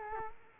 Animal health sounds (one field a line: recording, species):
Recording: mosquito wingbeat signal from an infrared sensor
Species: Culex quinquefasciatus